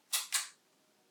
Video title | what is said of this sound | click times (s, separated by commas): How to load film into a Contax 645 | and you saw these little pieces come out as it clicked you want to make sure you do that so you can prevent any sort of film flatness | 0.3 s